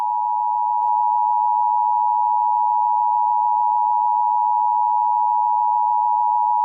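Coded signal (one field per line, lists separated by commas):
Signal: Emergency Alert System (SAME) tones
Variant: 853 and 960 Hz attention tone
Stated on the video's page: Fictional EAS scenario using valid EAS tones.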